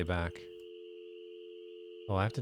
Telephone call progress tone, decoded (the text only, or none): dial tone